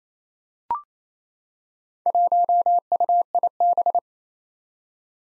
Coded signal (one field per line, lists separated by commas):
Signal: Morse code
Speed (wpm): 28 wpm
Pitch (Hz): 700 Hz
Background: none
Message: 1UIB